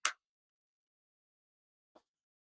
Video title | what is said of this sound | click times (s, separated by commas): Starting Spring Break day 7, 2026 | All right, there we go. We heard some clicks. | 0.0 s, 2.0 s